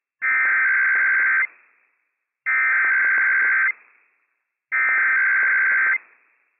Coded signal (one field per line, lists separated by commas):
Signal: Emergency Alert System (SAME) tones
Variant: header bursts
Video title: IPAWS Required Weekly Test - WWF56 - EAS #308 - 11:00 AM PST 1/2/23